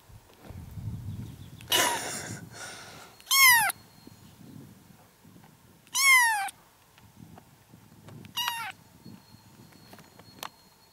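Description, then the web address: Domestic cat: kitten meows, three short high arched mews spaced a few seconds apart over low rustling and a brief noisy burst. "kitten Kittens meowing"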